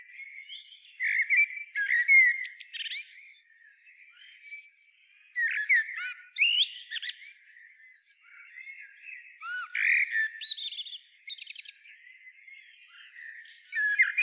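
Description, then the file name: Eurasian blackbird song: fluted warbling phrases mixed with squeaky high twitters, in three bursts a few seconds apart with quieter gaps between. "Turdus merula"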